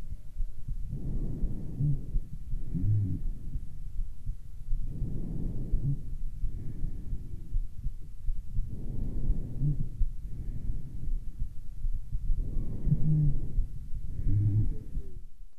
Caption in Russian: Образования более низкочастотных, басовых хрипов являются крупные и средние бронхи. Другой вариант сухих басовых хрипов.